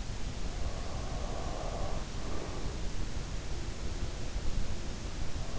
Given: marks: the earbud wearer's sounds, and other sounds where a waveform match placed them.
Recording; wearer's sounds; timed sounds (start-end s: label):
sounds in sleep by an in-ear microphone; breath
0.00-2.73 s: sound from someone else or the room
0.17-2.56 s: breath